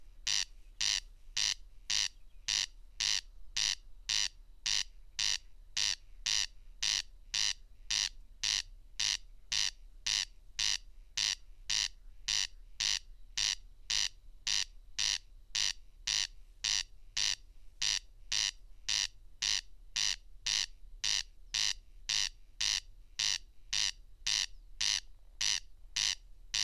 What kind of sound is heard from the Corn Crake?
song